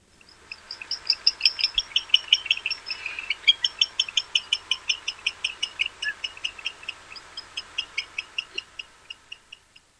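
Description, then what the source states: Barn owl calls: a rapid series of harsh, clicking rasps lasting about ten seconds, fading toward the end. Recorded in Texas.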